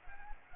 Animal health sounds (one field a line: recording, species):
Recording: mosquito wingbeat signal from an infrared sensor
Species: Culex pipiens